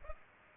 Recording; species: mosquito wingbeat signal from an infrared sensor; Culex pipiens